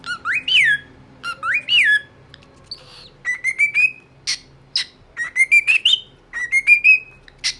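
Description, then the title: Cockatiel whistling: two loud up-and-down swooping notes, then a series of rising whistles mixed with sharp chirps, fairly rapid and uneven; soft hum underneath. Hour-long song intended for training a cockatiel. "Canto De 1 Hora Para Treinar Calopsita"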